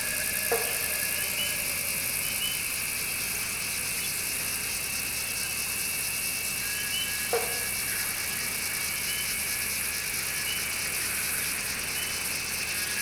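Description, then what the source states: Cicada chorus, an unbroken shrill high-pitched buzzing that holds steady, interrupted only by two faint knocks. Recorded in summer.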